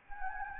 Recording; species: mosquito wingbeat signal from an infrared sensor; Anopheles gambiae